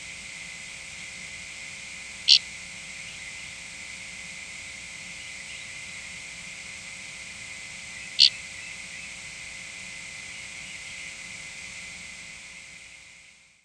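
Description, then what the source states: Dickcissel giving two very brief, high flight calls about six seconds apart over a steady hiss. Flight call given at night.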